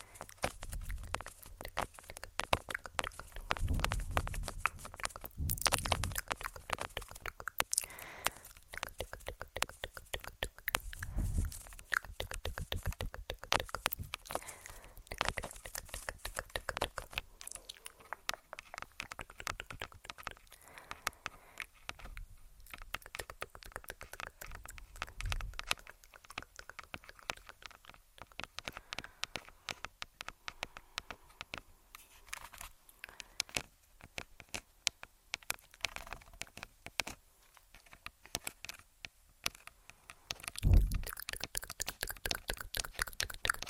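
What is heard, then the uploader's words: Long nails tap and click rapidly on a small recorder, in a dense, uneven patter of crisp, bright ticks that runs the whole way through. Occasional duller thumps land near 5, 11, 25 and 40 seconds. Tingly TkTk & Tapping On Tascam (Long Nails).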